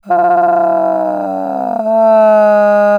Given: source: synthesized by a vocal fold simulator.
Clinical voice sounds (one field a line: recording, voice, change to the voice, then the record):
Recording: sustained vowel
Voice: female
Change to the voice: asymmetry, level 22 of 51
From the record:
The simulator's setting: 3.10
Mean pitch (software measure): 201 Hz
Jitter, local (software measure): 1.35%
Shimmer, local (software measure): 5.6%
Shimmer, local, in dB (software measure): 0.81 dB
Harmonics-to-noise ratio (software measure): 19.4 dB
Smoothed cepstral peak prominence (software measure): 13.6 dB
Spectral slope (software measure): -25.0 dB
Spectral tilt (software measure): -12.2 dB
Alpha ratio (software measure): -15.5 dB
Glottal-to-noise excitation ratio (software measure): 0.919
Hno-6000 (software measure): 2.4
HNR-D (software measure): 29.4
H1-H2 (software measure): 1.4 dB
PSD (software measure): 1.8e-03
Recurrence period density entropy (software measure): 0.111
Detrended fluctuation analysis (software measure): 0.0280